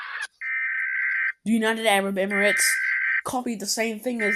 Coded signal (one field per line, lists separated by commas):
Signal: Emergency Alert System (SAME) tones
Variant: header bursts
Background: speech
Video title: Eas Alarm Animated RETURN Part 9